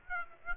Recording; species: mosquito wingbeat signal from an infrared sensor; Aedes aegypti